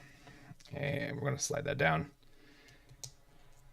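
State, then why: Seated. A plastic hip joint piece from a model kit is slid down onto its peg in the hip/waist assembly while someone talks. A sharp click at 3.0 s shows the joint has seated in place.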